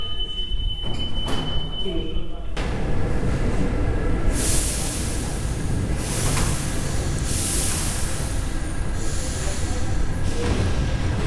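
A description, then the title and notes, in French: A ride on the Paris metro, with a steady low rumble of the train filling the whole clip. For the first two and a half seconds the sound is thinner, with a faint tone, then it thickens into a dense roar with recurring bright hissing swells around 4, 6, 8 and 10 seconds. En immersion dans le métro parisien.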